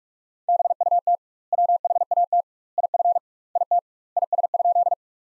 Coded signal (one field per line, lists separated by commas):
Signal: Morse code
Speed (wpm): 46 wpm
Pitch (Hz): 700 Hz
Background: none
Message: BUT WHAT IF IT IS?